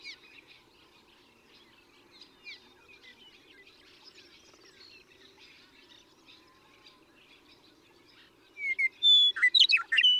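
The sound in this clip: Western meadowlark song: after quiet chirping from other birds, a loud phrase of whistles and gurgles near the end.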